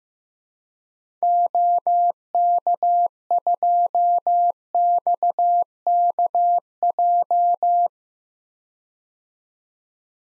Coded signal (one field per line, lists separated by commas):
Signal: Morse code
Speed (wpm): 15 wpm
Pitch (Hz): 700 Hz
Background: none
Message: OK2XKJ